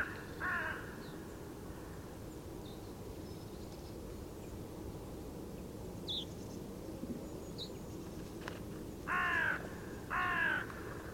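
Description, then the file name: Carrion crow cawing once at the start and twice near the end, harsh and rasping, with a few faint high bird chirps between over low rumble. "Corvus corone"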